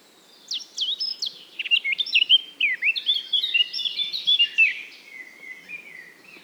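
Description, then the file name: Eurasian blackcap song, a lively stream of varied whistled and warbled notes, loud and rich in the middle, tailing off into softer twittering. "Sylvia atricapilla"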